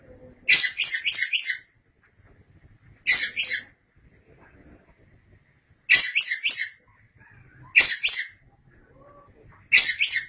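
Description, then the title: Oriental magpie-robin song in brisk clusters of sharp, chattering high notes, five bursts spaced a few seconds apart with quiet gaps. Long-duration birdsong. "Suara Kicauan Burung Kacer Durasi Panjang"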